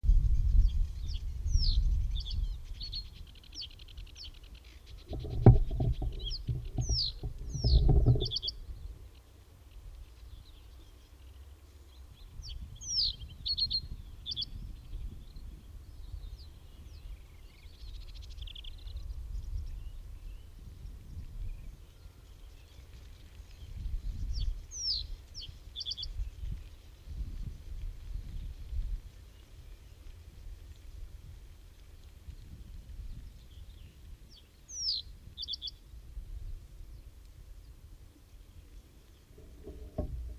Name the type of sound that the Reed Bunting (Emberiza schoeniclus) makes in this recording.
song